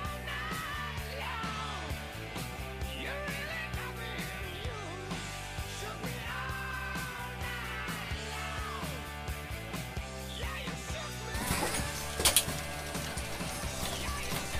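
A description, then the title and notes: Steady music with a regular low beat runs throughout, overlaid by busy clicking and tapping, with a brighter burst of clatter near twelve seconds. Tony Stark's Lab Ambience ASMR. This audio features mechanical whirring, tinkering sounds (hammering, drillling, etc), music.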